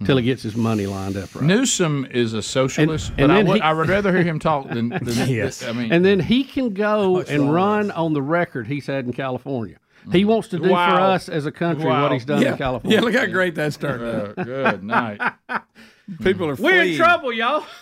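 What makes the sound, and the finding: Adult male talk-radio hosts in conversation. Normal voice.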